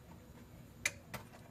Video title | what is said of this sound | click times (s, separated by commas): Repair of Flickering LCD Monitor (Bad Caps) | hear a little click going in there | 0.9 s